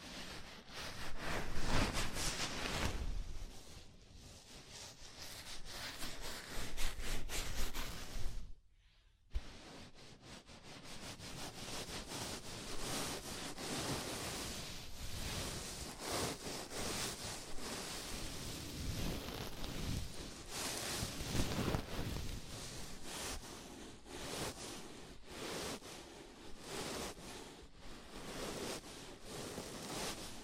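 A scalp massage gives dense, steady rubbing and scratching that briefly stops near nine seconds, then resumes with a softer, even texture.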